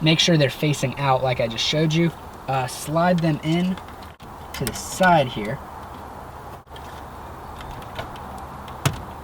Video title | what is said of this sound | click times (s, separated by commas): How To Install an Aftermarket Car Stereo (Sony CDXGT360MP) | and you can actually see it pop out a little bit and you'll also be able to hear it pop out | 8.9 s